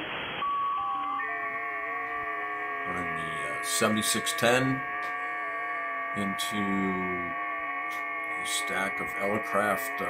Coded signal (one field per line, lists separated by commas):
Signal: FT8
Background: speech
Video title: Hunting POTA Stations WSJTX and FT8